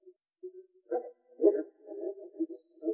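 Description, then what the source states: Moor frog calling with low, muffled bubbling notes in short irregular bursts, growing more continuous toward the end. Recorded in 2012.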